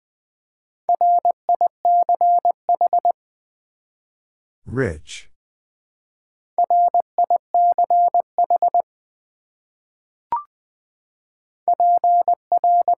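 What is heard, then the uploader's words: Morse code keyed as a steady mid-pitched tone, sent in rapid bursts of dots and dashes around 1–3, 6.6–8.8 and 11.7–13 seconds. Between groups there is silence, broken by a brief rising sweep near 5 seconds and a short click near 10.4 seconds. Sentences from Top 1100 Words - New Word Drill v2 - 20wpm. First, the word is sent in Morse code.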